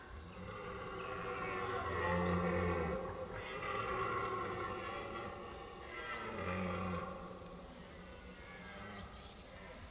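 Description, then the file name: Red deer stag bellowing: deep, hoarse, harmonic roars with pauses between them, against a faint background hiss. Rutting bellow (brame) of a stag. "brame du cerf. jeanmarclhotel"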